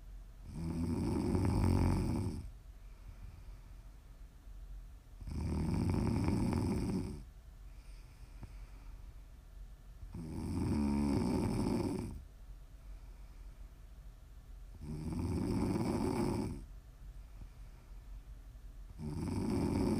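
Five low, rumbling snores come at a steady pace, about 13 a minute, each lasting roughly two seconds with quiet breathing between. It is a regular, low-pitched sleep snoring pattern without gasps or pauses.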